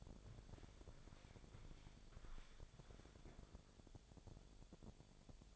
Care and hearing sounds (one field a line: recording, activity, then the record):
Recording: daily activity, microphone in the room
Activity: walk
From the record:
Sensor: 5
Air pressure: 1000.7 hPa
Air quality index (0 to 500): 140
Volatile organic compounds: 2 ppm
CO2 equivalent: 1091 ppm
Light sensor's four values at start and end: 46/107/44/46 and 45/106/44/45